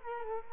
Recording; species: mosquito wingbeat signal from an infrared sensor; Culex quinquefasciatus